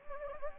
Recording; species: mosquito wingbeat signal from an infrared sensor; Anopheles gambiae